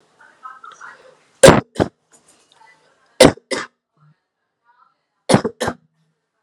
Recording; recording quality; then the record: shallow voluntary cough; excellent, no background noise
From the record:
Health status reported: exposed to COVID-19, no respiratory illness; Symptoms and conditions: cough, sore throat, muscle pain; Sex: male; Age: 24 years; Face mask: not worn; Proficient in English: yes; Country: India